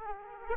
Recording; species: mosquito wingbeat signal from an infrared sensor; Aedes aegypti